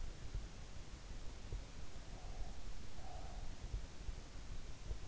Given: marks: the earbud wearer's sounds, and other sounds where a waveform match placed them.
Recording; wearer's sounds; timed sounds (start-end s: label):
sounds in sleep by an in-ear microphone; breath
2.08-3.62 s: breath